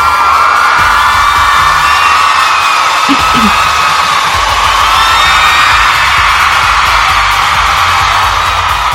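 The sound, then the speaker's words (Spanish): A loud crowd cheers and applauds continuously, with shouts and whoops rising over a dense, steady roar of clapping that holds for the whole stretch. “Por cierto, un agradecimiento especial y ovación, por supuesto.”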